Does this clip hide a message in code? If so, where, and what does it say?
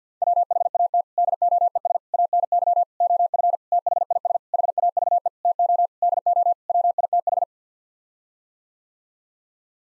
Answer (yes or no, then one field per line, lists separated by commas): yes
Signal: Morse code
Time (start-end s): 0.2-7.4 s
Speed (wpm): 50 wpm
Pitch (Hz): 700 Hz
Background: none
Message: WHAT DOES ANY OF THIS HAVE TO DO WITH